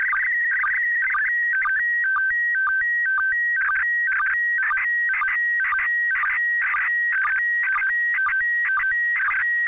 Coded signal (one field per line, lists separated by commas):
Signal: SSTV (slow-scan television)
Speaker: let's go ahead and look at the next transmission I receive and again I'm going to leave the entire transmission in the video with unedited audio so if you want to go ahead load up MMS STV